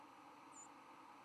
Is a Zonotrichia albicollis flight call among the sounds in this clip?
yes